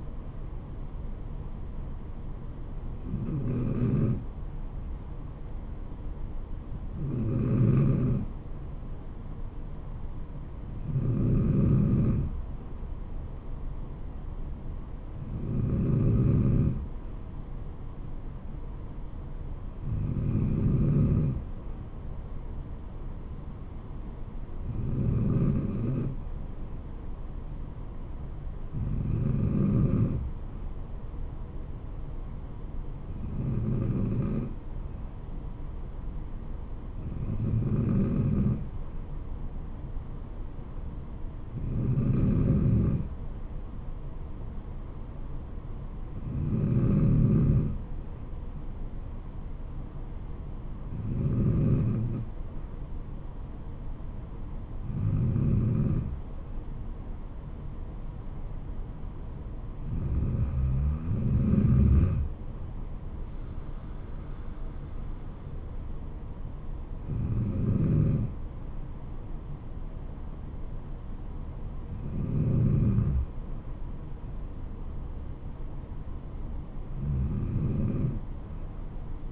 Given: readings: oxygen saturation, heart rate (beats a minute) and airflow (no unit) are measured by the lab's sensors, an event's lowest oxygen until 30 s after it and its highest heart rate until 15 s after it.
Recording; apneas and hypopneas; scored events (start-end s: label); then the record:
breathing in sleep by a smartphone at the bedside; none
14.00-44.00 s: new sleep stage, N2 (light sleep)
44.00-74.00 s: new sleep stage, N3 (deep sleep)
74.00-79.32 s: new sleep stage, N2 (light sleep)
From the record:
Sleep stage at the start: N3 (deep sleep); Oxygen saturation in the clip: 93 to 94%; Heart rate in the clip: 63 to 74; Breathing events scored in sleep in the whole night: 426 in 7.4 hours asleep